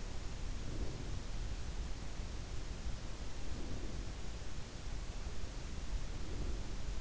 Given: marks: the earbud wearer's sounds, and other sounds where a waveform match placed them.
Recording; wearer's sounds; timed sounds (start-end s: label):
sounds in sleep by an in-ear microphone; breath
0.14-1.97 s: breath
3.13-4.65 s: breath
5.81-7.01 s: breath